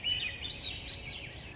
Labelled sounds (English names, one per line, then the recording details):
Swainson's Thrush
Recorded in Sonoma County, California